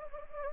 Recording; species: mosquito wingbeat signal from an infrared sensor; Anopheles gambiae